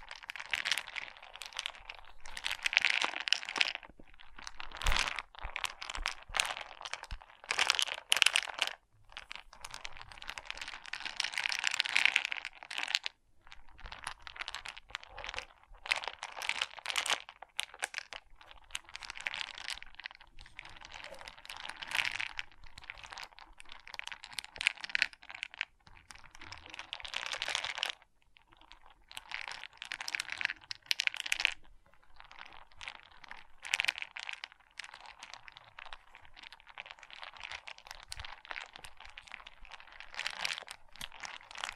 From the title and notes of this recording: ASMR Relaxing Pixel Art Beads ( No Talking).